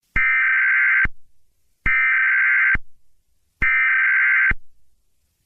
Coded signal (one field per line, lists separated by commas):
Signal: Emergency Alert System (SAME) tones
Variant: header bursts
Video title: (FAKE EAS VIDEO) FOR ARKANSAS RIVER VALLEY